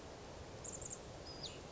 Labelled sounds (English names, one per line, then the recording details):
Western Flycatcher
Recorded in Sonoma County, California